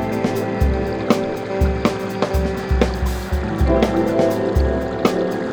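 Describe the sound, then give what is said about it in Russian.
Water flows steadily with a continuous rushing wash, broken by irregular splashes and low sloshing thumps, like paddles dipping. No one speaks. “А река течет.”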